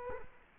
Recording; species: mosquito wingbeat signal from an infrared sensor; Culex quinquefasciatus